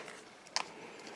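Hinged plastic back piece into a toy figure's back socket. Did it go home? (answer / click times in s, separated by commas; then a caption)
yes / 0.6 s. A hinged plastic piece with a slat is pushed into its attachment socket on the back of an action figure. Over a quiet background hiss, a sharp click sounds at 0.6 s as the piece seats, followed by a fainter tick near the end. The accessory clicks into place.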